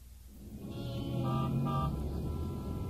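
car horn honking

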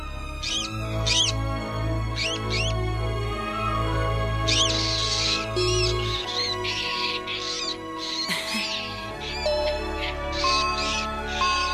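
birds chirping

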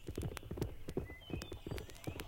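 horse hooves clip-clopping

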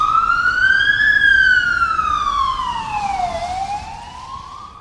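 ambulance siren

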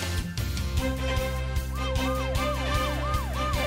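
police car siren

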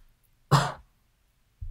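cough

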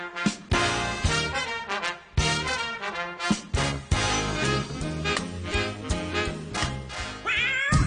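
cat meowing

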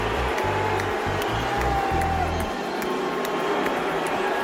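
audience booing

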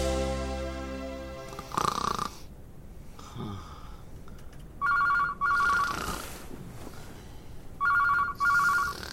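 telephone ringing

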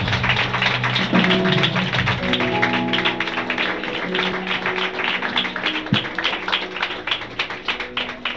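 audience applause

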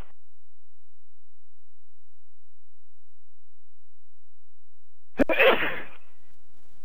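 sneeze

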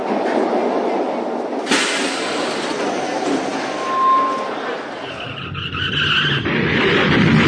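car skidding and crashing

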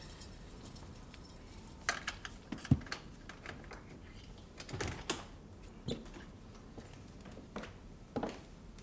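keys jangling

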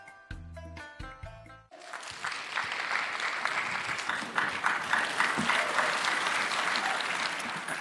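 warm audience applause

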